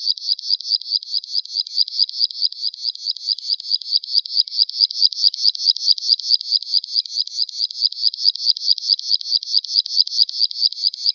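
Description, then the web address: Graceful prinia song: a long, steady run of sharp, buzzy high notes repeated rapidly and evenly without a break. "Schulze Peter Graceful Prinia song"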